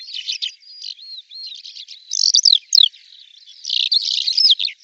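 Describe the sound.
Bird calls: a lively mix of high chirps, quick slurred whistles and sharp downward notes, bursting in short clusters with brief pauses between them.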